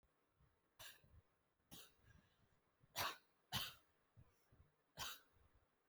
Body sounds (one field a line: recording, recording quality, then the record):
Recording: shallow voluntary cough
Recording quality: excellent, no background noise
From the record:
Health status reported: healthy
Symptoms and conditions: cough, breathing difficulty, sore throat, fever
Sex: female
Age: 38 years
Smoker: not ticked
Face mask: not worn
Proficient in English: yes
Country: India